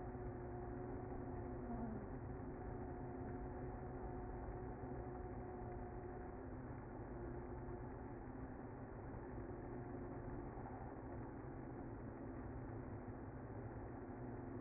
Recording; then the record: honeybee colony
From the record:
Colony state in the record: active